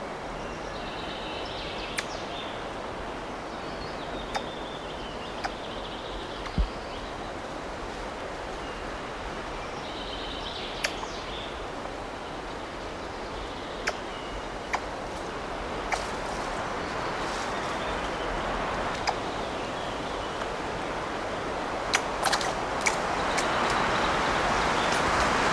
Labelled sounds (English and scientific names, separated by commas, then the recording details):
Eurasian Red Squirrel (Sciurus vulgaris) call
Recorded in the wild
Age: adult
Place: Dobbertin, Mecklenburg-Vorpommern, DE
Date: 1981-06-13 19:01
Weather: overcast, 12°C, windy
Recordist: Tembrock, Günter